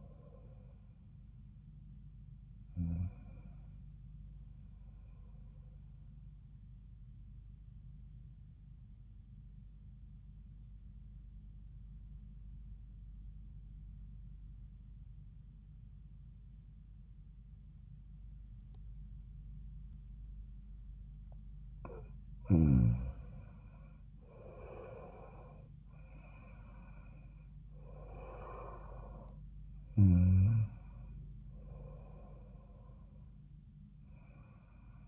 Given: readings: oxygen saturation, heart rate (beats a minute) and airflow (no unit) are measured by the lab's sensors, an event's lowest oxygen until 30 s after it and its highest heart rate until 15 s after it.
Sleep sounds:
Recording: breathing in sleep by a smartphone at the bedside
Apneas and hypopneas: 1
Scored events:
10.00-22.70 s: obstructive apnea (N1, oxygen 95% highest, then 86% lowest, heart rate 75 at the start, 86 highest)
From the record:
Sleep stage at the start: N1 (lightest sleep)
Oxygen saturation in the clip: 86 to 95%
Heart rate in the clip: 75 to 86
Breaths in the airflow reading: 4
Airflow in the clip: -18.1 to 17.2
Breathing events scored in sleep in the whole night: 400 in 8.7 hours asleep

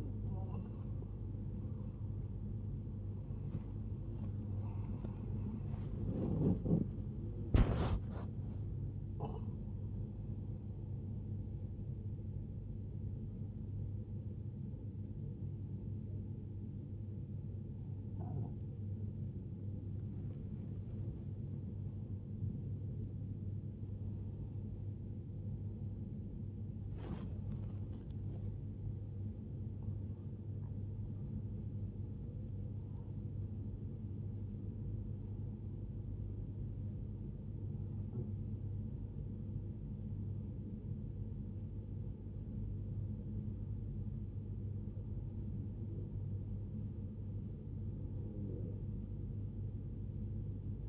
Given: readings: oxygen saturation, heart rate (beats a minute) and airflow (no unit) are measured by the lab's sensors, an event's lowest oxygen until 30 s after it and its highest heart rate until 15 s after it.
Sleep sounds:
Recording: breathing in sleep by a smartphone at the bedside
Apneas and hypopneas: 1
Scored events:
9.00-22.30 s: hypopnea (N1, oxygen 97% highest, then 92% lowest, heart rate 99 at the start, 101 highest)
From the record:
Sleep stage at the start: N1 (lightest sleep)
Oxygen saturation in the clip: 92 to 97%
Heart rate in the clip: 60 to 101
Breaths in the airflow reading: 21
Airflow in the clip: -0.7 to 0.7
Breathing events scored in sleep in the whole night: 103 in 8.4 hours asleep

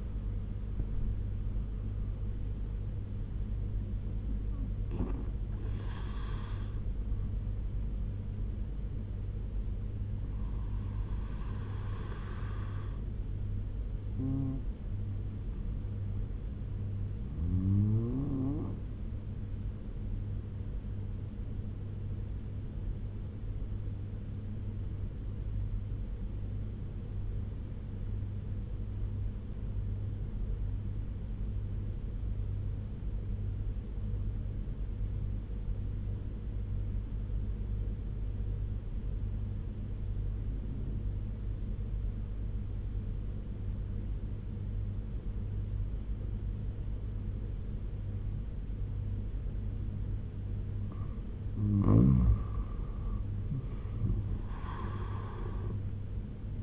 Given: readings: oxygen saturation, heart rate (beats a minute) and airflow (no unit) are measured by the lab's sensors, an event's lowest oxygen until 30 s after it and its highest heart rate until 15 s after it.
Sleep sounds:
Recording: breathing in sleep by a smartphone at the bedside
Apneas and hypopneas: 1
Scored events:
2.00-32.00 s: new sleep stage, N1 (lightest sleep)
26.00-52.30 s: obstructive apnea (N1, oxygen 96% highest, then 85% lowest, heart rate 74 at the start, 84 highest)
32.00-56.63 s: new sleep stage, N2 (light sleep)
From the record:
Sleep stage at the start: N2 (light sleep)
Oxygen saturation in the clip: 86 to 97%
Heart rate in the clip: 72 to 84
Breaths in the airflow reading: 5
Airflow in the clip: -9.1 to 11.6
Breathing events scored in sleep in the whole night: 201 in 6.5 hours asleep

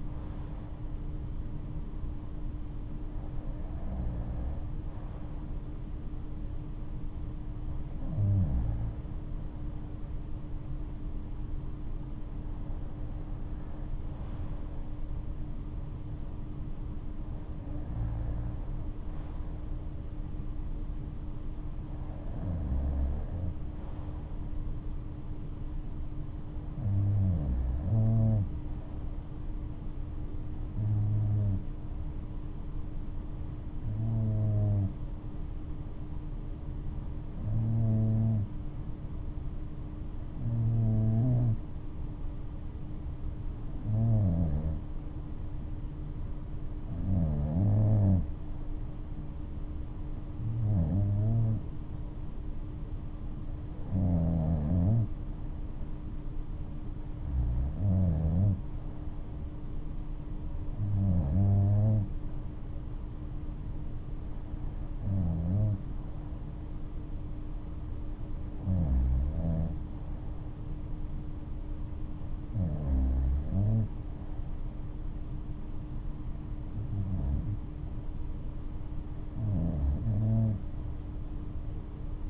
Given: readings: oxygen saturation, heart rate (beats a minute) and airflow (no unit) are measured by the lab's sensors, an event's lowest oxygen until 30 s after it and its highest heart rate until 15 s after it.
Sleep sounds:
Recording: breathing in sleep by a smartphone at the bedside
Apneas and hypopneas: 1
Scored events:
35.00-56.80 s: hypopnea (REM, oxygen 97% highest, then 94% lowest, heart rate 73 at the start, 73 highest)
51.00-82.30 s: new sleep stage, N1 (lightest sleep)
From the record:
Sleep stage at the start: REM sleep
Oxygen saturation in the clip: 94 to 97%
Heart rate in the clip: 66 to 74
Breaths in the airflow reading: 21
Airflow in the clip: -11.6 to 9.6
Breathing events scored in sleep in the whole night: 228 in 5.4 hours asleep

